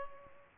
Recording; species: mosquito wingbeat signal from an infrared sensor; Culex pipiens